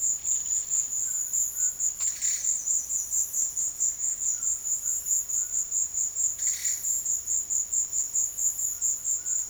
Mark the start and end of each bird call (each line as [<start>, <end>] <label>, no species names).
[0.79, 5.68] bird call
[8.63, 9.48] bird call